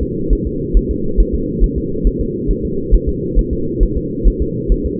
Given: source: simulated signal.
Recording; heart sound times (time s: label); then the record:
fetal heart sounds
0.03 s: S2
0.33 s: S1
0.47 s: S2
0.77 s: S1
0.91 s: S2
1.20 s: S1
1.35 s: S2
1.64 s: S1
1.78 s: S2
2.07 s: S1
2.21 s: S2
2.51 s: S1
2.65 s: S2
2.94 s: S1
3.09 s: S2
3.39 s: S1
3.53 s: S2
3.83 s: S1
3.97 s: S2
4.28 s: S1
4.42 s: S2
4.72 s: S1
4.86 s: S2
From the record:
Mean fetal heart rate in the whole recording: 135 bpm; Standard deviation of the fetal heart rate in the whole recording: 3 bpm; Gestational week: 36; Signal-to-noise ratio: -6.6 dB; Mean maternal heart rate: 72 bpm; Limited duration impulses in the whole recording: present